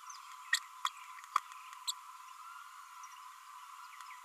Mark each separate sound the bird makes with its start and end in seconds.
0.52-0.57, 0.86-0.89, 1.35-1.38, 1.87-1.92